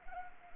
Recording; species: mosquito wingbeat signal from an infrared sensor; Anopheles arabiensis